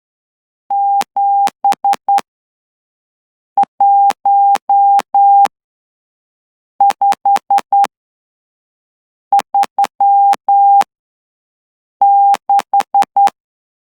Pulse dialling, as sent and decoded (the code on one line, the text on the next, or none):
none